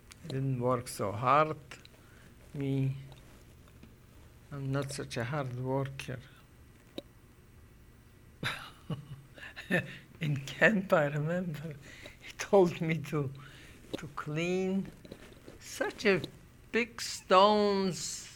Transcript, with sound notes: didn't work so hard. Me, I'm not such a hard worker. ( she laughs ) In camp I remember he told me to clean such a big stones,